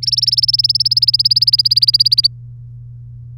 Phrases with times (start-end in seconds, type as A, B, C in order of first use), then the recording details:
0.02-2.27 A. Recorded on 3 May 2018 at 12:05. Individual llb3